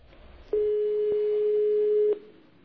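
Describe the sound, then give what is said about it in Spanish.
A steady telephone line tone sounds alone for about a second and a half, a flat mid-pitched hum with faint clicks at its start, middle and end over quiet background noise. “Entonces, para burlarse, a veces basta con una sola llamada de teléfono.”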